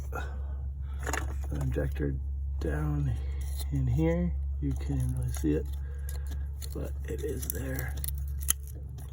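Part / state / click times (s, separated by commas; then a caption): injector wiring connector onto fuel injector / seated / 8.5 s. On a Dodge Ram 1500 during a driver's side valve cover gasket replacement, a plastic wiring connector is pushed by hand onto a fuel injector hidden out of sight. Someone talks over a steady low hum while small handling clicks and rattles are heard. A sharp click at 8.5 s marks the connector seating on the injector.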